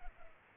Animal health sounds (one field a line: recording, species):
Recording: mosquito wingbeat signal from an infrared sensor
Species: Culex pipiens